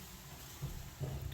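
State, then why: Not seated. A homemade, shaped and ground plastic latch on a box lid is tried as the box comes down, making only a faint, low thud. The latch fails to catch and pops loose because the box hits more on one side, so nothing has clicked or latched yet.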